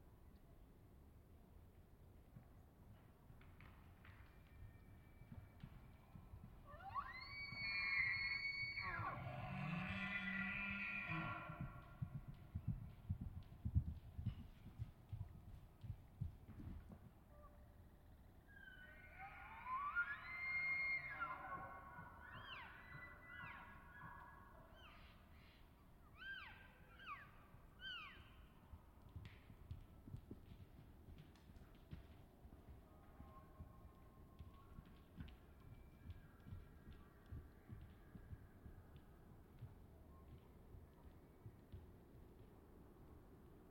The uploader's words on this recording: Elk Bull Challenge. I spent another weekend in the Colockum Wildlife Area, camping at the border of Coffin Game Reserve. Not long after dawn I witnessed a challenge. The bulls' bugles sound like very unsettling screams of torture from nearby.